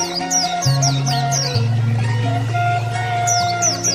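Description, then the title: Oriental magpie-robin: a fast series of high, zipping whistles, a pause, then another short burst, over steady low droning tones. Song (kicau). "Kicau Kacer Durasi Panjang 1jam Lebih"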